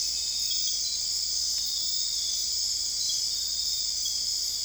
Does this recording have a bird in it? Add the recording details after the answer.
no. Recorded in dense forest near Puerto Asís, Putumayo, Colombia, on 21 December 2024 at 00:30. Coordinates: 0.485, -76.318. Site GP03